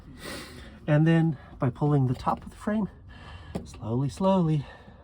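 A plastic quarter vent duct for an HS250h cabin air exhaust vent is handled by hand, with the top of its frame pulled slowly so its top two clips can go into the aperture in the car's steel body frame. Someone talks throughout, with no other distinct sounds standing out. Nothing has seated or clicked yet.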